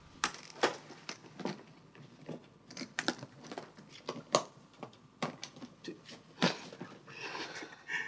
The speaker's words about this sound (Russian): Закрывает чемодан.